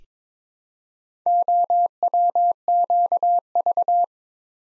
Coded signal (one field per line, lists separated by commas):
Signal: Morse code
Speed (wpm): 22 wpm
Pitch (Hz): 700 Hz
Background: none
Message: OWQV